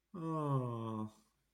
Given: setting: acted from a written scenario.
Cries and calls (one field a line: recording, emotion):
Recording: vocal sound without words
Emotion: sadness